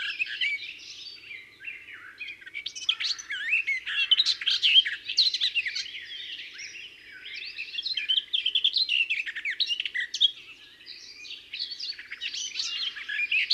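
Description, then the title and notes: Garden warbler song, a sustained flowing warble of quick varied notes, with a couple of quieter dips. Described as discreet in plumage but a wonderful singer. "La Fauvette des jardins (Sylvia borin). Oiseau discret de plumage mais merveilleux chanteur."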